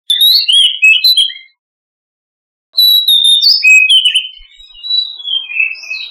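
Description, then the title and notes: Oriental magpie-robin delivering rich whistled phrases, a pause of about a second, then a longer flowing run of sweet notes. "Kicau Burung Kacer"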